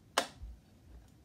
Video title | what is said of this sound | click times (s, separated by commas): 3-Way Smart Switch installation - with or without neutral/ground | this particular model this doesn't even have screws on it it snaps right in place so | 0.2 s